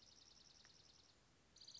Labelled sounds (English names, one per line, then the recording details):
Dark-eyed Junco
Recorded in Sonoma County, California